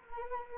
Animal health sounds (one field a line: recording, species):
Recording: mosquito wingbeat signal from an infrared sensor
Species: Anopheles arabiensis